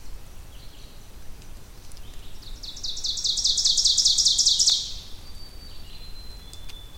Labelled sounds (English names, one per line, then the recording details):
Ovenbird song
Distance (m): 15 m
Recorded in boreal forest in Alberta, Canada, on 2 June 2016 at 08:31
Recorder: SongMeter 3, array SBT-3-7
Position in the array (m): 194 m, 1 m
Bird 6